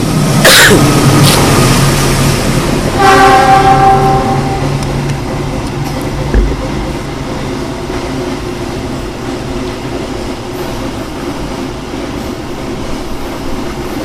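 A long freight train rumbles past with a steady, heavy roar, and a brief blast of its horn sounds early on before the clatter of cars keeps rolling on.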